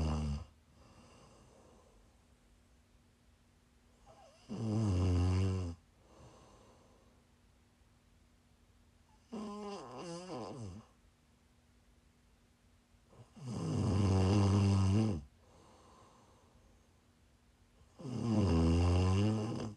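An adult woman snores while asleep: loud, low-pitched, vibrating snores come on the breaths, four in 20 seconds (about 12–14 a minute), unevenly spaced, with quieter breathing between. A faint steady hum runs in the background. The pattern is ordinary snoring during sleep, from the soft tissues of the throat vibrating.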